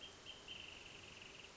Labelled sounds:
Wrentit
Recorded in Sonoma County, California

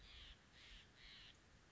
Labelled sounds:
Steller's Jay
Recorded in Sonoma County, California

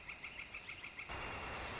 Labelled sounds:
Northern Flicker
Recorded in Sonoma County, California

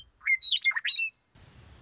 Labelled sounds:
Western Meadowlark
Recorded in Sonoma County, California

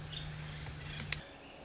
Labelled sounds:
Nuttall's Woodpecker
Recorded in Sonoma County, California

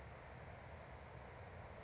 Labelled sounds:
California Towhee
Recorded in Sonoma County, California

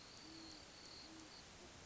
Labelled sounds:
Great Horned Owl
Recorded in Sonoma County, California

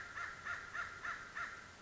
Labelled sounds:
American Crow
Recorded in Sonoma County, California

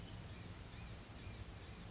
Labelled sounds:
Blue-gray Gnatcatcher
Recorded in Sonoma County, California

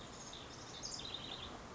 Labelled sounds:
House Wren
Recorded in Sonoma County, California

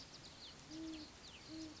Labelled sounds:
Great Horned Owl
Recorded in Sonoma County, California

